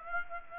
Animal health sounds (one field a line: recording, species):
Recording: mosquito wingbeat signal from an infrared sensor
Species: Aedes aegypti